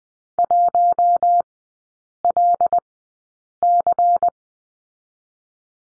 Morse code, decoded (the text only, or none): 1LC